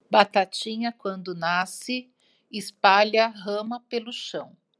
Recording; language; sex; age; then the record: short text; Brazilian Portuguese; female; 50 to 59 years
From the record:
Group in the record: control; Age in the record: 50 years